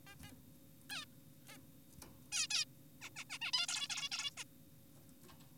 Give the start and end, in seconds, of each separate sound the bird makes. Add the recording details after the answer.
0.07-0.15, 0.23-0.32, 0.90-1.05, 1.48-1.58, 2.32-2.47, 2.50-2.65, 3.02-3.10, 3.16-3.24, 3.30-3.38, 3.42-3.52, 3.54-3.67, 3.68-3.88, 3.90-4.09, 4.12-4.31, 4.38-4.44. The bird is an adult. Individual g4p5U